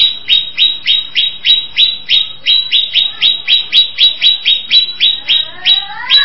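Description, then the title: Greater Green Leafbird song: a fast series of loud, sharp notes, each dropping quickly then holding a steady high whistle, repeated about three or four times a second. "Cucak ijo"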